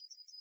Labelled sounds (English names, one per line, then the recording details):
Yellowhammer song
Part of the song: start
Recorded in the Czech Republic on 11 June 2012
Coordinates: 49.107, 15.159
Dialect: BC
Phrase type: E11
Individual 299692